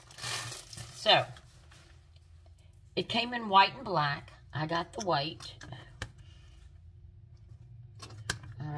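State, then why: Not seated. Someone talks while a plastic piece is pushed into its slot in the base of a white jewelry/earring stand, with faint handling rustles and brief sharp ticks around 6.0 s and 8.3 s. The piece is supposed to fit there but does not lock in, so nothing has seated or clicked yet.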